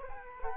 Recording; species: mosquito wingbeat signal from an infrared sensor; Culex quinquefasciatus